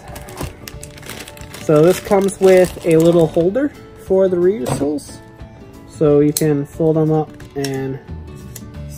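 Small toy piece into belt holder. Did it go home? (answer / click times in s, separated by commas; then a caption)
yes / 8.6 s. Someone talks while a small folded plastic collectible toy piece is swapped into its plastic belt holder, with light handling taps early on. It clicks into place with a short, sharp snap at 8.6 s, seated in the holder.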